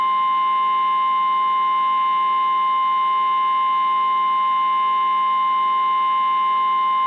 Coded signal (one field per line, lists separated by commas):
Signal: Emergency Alert System (SAME) tones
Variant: 1050 Hz attention tone